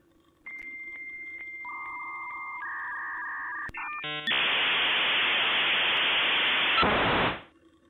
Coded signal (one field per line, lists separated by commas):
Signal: dial-up modem handshake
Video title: Connecting to Twitch with dial-up internet